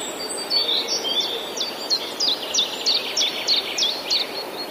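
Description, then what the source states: Common chiffchaff song, a steady run of high, sharp, downslurred notes at slightly alternating pitches. Recorded 11 April 2019.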